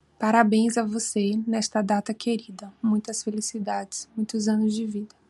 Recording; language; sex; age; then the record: short text; Brazilian Portuguese; female; 30 to 39 years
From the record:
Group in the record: control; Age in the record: 34 years